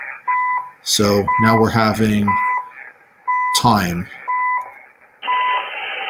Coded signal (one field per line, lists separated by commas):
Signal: radio time signal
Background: speech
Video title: How To..... Monitor multiple signals at the same time using one SDR